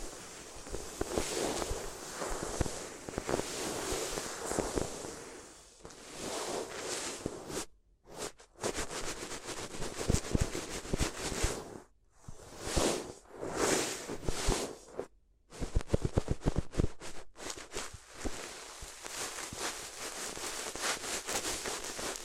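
Paper-ear ASMR: dense, bright crinkling and rustling paper, steady at first, then broken by sharp crumples and brief silences near 8, 12 and 15 seconds.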